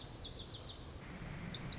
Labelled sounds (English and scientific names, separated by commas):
Lazuli Bunting (Passerina amoena)